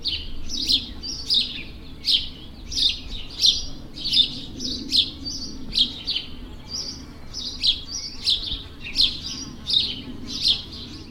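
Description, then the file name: House sparrow calls: a long series of bright chirps, roughly one or two per second, over a faint low background hum. "Passer domesticus"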